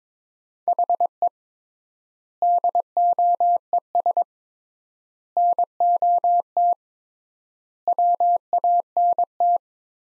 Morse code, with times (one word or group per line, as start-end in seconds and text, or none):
0.7-1.3 HE
2.4-4.2 DOES
5.4-6.7 NOT
7.9-9.6 WANT